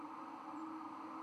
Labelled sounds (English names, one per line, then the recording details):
White-throated Sparrow flight call
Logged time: 00:47 on 31 October 2014